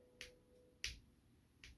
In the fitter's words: Oh yeah, good pops there.